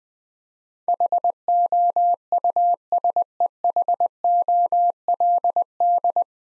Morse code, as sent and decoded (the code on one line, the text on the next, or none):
.... --- ..- ... . .... --- .-.. -..
HOUSEHOLD